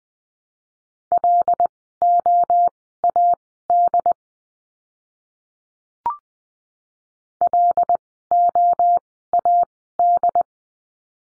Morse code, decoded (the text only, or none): LOAD LOAD